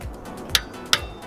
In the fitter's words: you hear that click stop immediately because that's it